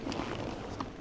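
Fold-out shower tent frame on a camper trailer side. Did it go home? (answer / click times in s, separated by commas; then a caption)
no / none. The quick-setup fold-out shower enclosure frame, with its floor and roof, on the side of a 2025 Atlas Outdoors AppalachianX off-road camper trailer is folded out by hand. Over steady broadband noise, brief sharp knocks occur at about 0.1, 0.3 and 0.8 seconds, the last being the loudest. Nothing has clicked or locked into place yet.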